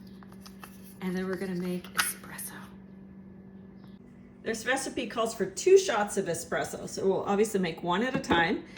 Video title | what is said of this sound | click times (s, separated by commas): Iced Brown Sugar Oat Milk Shaken Espresso | You just stick it in until you hear it snap. | 0.6 s